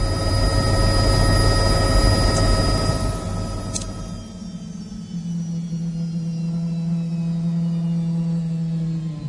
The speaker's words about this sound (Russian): На лужайку перед домом Зенона опустился вертолет.